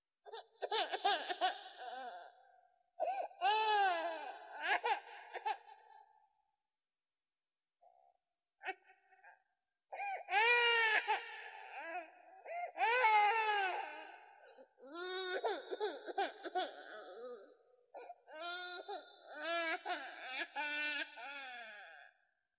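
human body sound, baby crying

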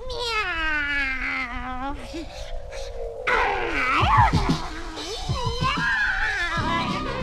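animal, cat yowling

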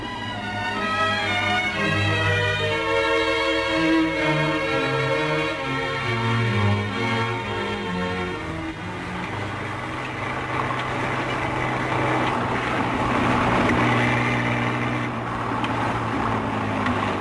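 vehicle, car engine running

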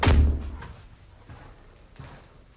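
household object, door opening and closing

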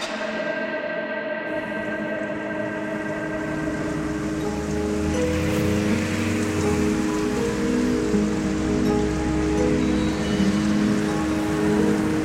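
nature, light rain falling

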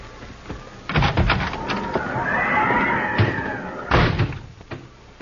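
animal, horse neighing

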